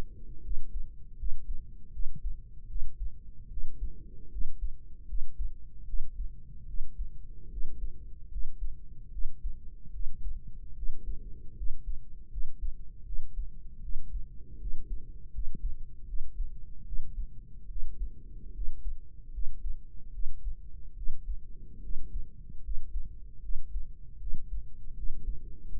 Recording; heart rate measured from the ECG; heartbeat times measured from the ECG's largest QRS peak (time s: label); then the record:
heart sounds by microphone in the right ear; 76 bpm
0.40 s: heartbeat
1.15 s: heartbeat
1.90 s: heartbeat
2.66 s: heartbeat
3.47 s: heartbeat
4.28 s: heartbeat
5.04 s: heartbeat
5.84 s: heartbeat
6.64 s: heartbeat
7.48 s: heartbeat
8.28 s: heartbeat
9.09 s: heartbeat
9.90 s: heartbeat
10.72 s: heartbeat
11.53 s: heartbeat
12.27 s: heartbeat
13.02 s: heartbeat
13.79 s: heartbeat
14.57 s: heartbeat
15.30 s: heartbeat
16.04 s: heartbeat
16.82 s: heartbeat
17.66 s: heartbeat
18.51 s: heartbeat
19.30 s: heartbeat
20.09 s: heartbeat
20.93 s: heartbeat
21.79 s: heartbeat
22.60 s: heartbeat
23.39 s: heartbeat
24.17 s: heartbeat
24.93 s: heartbeat
25.67 s: heartbeat
From the record:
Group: healthy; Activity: rest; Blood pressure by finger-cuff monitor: 106/68 mmHg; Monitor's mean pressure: 78 mmHg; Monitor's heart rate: 77 bpm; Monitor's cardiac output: 5.7 L/min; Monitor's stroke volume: 76 mL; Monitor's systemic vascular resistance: 980 dyn s/cm5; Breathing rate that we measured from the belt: 17 breaths a minute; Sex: female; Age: 23 years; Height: 160 cm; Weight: 50.4 kg